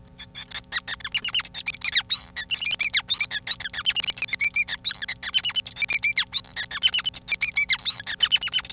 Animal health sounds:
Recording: song of a male Bengalese finch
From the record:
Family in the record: son of father 5

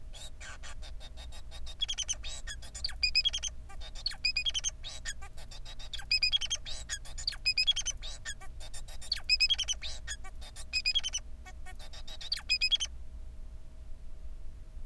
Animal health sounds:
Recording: song of a male Bengalese finch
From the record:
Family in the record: son of father 4

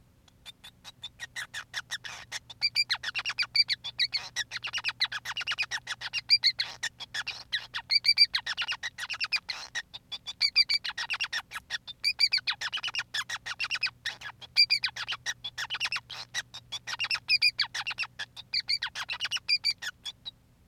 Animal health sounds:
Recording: song of a male Bengalese finch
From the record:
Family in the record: son of father 5

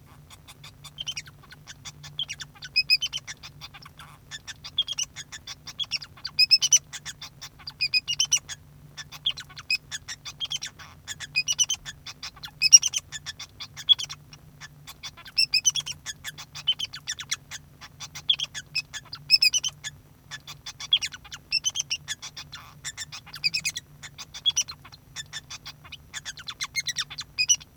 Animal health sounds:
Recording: song of a male Bengalese finch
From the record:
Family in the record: son of father 2

